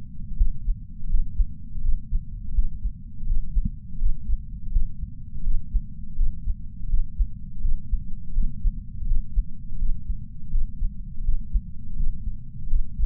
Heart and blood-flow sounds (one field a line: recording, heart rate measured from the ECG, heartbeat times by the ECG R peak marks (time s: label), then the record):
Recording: heart sounds by patch sensor on the chest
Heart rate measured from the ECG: 83 bpm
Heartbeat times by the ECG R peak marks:
0.37 s: heartbeat
1.10 s: heartbeat
1.82 s: heartbeat
2.55 s: heartbeat
3.27 s: heartbeat
3.99 s: heartbeat
4.72 s: heartbeat
5.44 s: heartbeat
6.16 s: heartbeat
6.89 s: heartbeat
7.62 s: heartbeat
8.34 s: heartbeat
9.07 s: heartbeat
9.79 s: heartbeat
10.51 s: heartbeat
11.24 s: heartbeat
11.97 s: heartbeat
12.69 s: heartbeat
From the record:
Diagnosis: coronary artery disease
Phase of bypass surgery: postoperative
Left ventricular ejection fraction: 56.8%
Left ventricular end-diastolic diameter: 44 mm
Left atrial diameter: 32 mm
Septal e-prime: 5.7 cm/s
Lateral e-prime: 6.1 cm/s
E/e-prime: 10.2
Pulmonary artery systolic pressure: 32 mmHg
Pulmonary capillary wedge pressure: 12 mmHg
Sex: male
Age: 65 years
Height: 165 cm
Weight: 60 kg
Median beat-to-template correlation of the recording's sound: 0.87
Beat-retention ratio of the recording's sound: 1.00